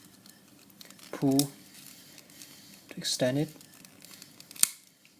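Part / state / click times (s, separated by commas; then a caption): plastic model kit leg extension joint locking in the leg frame / seated / 4.6 s. Someone talks while pulling the second plastic leg of an MG 1/100 Jesta model kit to extend its joint, with small plastic ticks and creaks as it moves. A sharp, loud snap at 4.6 s marks the extension joint locking into the leg frame, so the leg is extended.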